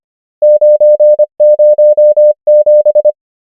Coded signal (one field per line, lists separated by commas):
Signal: Morse code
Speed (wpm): 25 wpm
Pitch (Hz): 600 Hz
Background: none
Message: 9 0 7